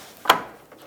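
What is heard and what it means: A plastic radiator upper mount retainer on the second side of a 2006-2011 Chevy HHR is pressed down into the core support. It locks in with a sharp click at 0.3 s, followed by a faint soft knock near 0.7 s. The mount is seated.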